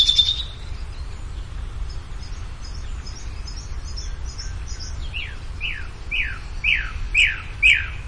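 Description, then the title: Bird song: faint high twitters, then a series of loud, sharply descending whistled notes repeated about twice a second. "LuckyPassaro Completos2Sama"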